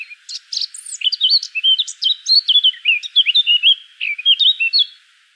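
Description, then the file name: Eurasian blackcap song: a fast run of varied whistled and scratchy notes, fading at the end. "Sylvia atricapilla"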